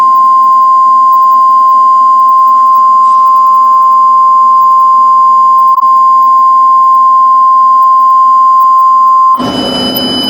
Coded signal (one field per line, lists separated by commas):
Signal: Emergency Alert System (SAME) tones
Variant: 1050 Hz attention tone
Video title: TROLL! eas alarm breaks sound barrier